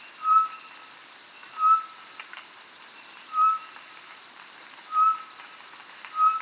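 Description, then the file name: Short-tailed batis call, a pure steady whistled note repeated about every one and a half seconds, five times, over a faint hiss. "Batis mixta"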